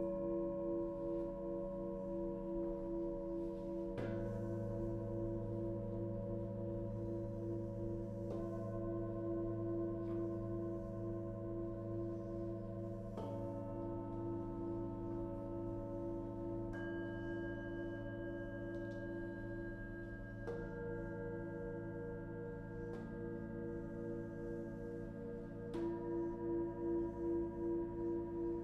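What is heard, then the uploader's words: Sound bath with ringing metal tones like gongs and singing bowls, struck every few seconds, around 4, 8, 13, 17, 20, 23 and 26 seconds. Each strike blooms into long, overlapping sustained tones that shimmer and pulse steadily, with low hum beneath and brighter ringing overtones above. Sound Bath #008: Ravina Daswani. Recorded in December 2022, the paint had just dried in her new space and not all of her instruments were there. Each hit from other bowls shaped the sound in such unique ways. It was my first time for me to record a gong bath and I was surprised at how much power it had.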